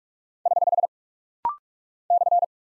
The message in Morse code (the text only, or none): <HH> /